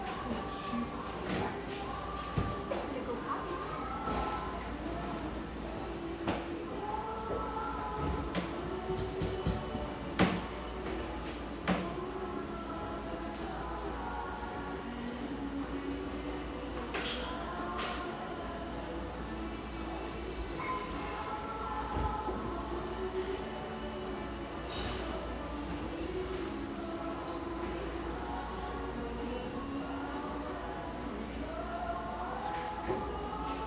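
Coffeehouse sounds with mellow radio music playing under a steady low hum. Murmuring voices drift through, and sharp clinks of cups and dishes cut in every few seconds, clustered around the two-, ten- and seventeen-second marks.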